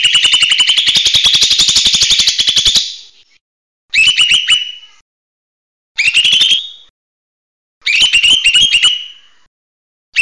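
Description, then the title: Bird song: a long fast pulsed trill, then several shorter bursts of buzzy high chirps with silences between. "SuaraBurung Kicau1"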